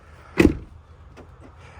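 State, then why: Seated. After reinstalling the keyless entry pad on an F250 truck, the door is shut to test it, and one sharp hit is heard at 0.4 s as the door latch catches on the striker. A few faint, softer sounds follow, and the latch is seated.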